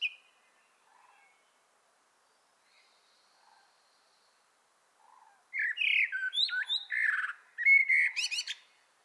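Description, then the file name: Common blackbird song: after a few faint quiet notes, a loud mellow fluted warble slides around, then breaks into high squeaky twittering at the end. "Turdus merula"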